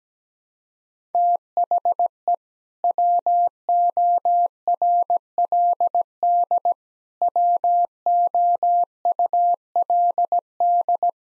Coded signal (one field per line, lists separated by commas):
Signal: Morse code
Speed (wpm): 17 wpm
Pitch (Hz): 700 Hz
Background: none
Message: THE WORLD WOULD